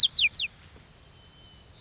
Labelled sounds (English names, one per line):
White-crowned Sparrow